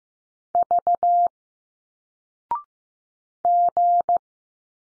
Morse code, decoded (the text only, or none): V G